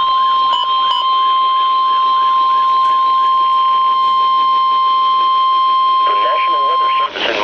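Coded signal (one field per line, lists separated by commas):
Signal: Emergency Alert System (SAME) tones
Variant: 1050 Hz attention tone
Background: speech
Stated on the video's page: Severe thunderstorm warnings from the National Weather Service, received on Radioshack 12-993, Midland WR-100 and Radioshack 12-382 weather radios.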